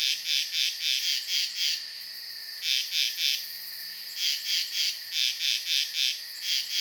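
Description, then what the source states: Insects call in rapid rhythmic pulses in clusters separated by short gaps, against a continuous shrill whine. Night ambience.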